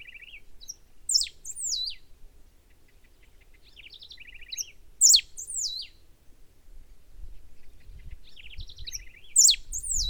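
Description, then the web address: Serin song: quick, squeaky phrases of high sliding notes with a thin buzzy trill, repeated every few seconds over a soft low hum. "Serra finch. صدای-پرنده-سهره-سرا"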